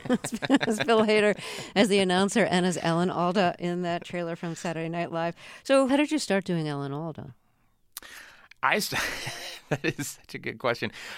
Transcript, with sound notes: That's Bill Hader as the announcer and as Alan Alda in that trailer from "Saturday Night Live." So how did you start doing Alan Alda?
I - (laughter) that is such a good question.